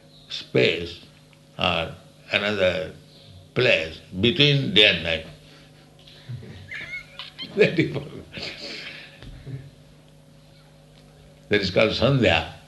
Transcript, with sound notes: space or another place between day and night. [laughs] That he forgot. That is called sandhyā.